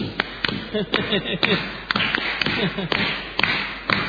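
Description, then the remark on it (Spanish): Steady, rhythmic hand clapping, about two sharp claps per second, with a faint murmur of voices underneath, as people queuing for a shared bathroom in a hotel clap to hurry the engineer inside. “El ingeniero dentro del baño oye que le hacen palmas y se da un poco de prisa.”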